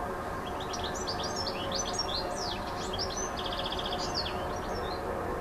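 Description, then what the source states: Bird song: continuous high twittering with sweeping notes and a brief dry rattling trill in the second half, over low steady hum. Recorded on an MZ-N 710 device, dated 26 06 14.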